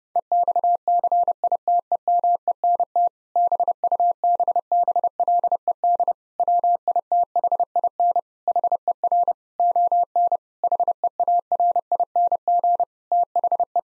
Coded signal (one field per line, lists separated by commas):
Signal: Morse code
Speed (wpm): 30 wpm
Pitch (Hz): 700 Hz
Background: none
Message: EXCITEMENT BUBBLED WITHIN HER ON HEARING THE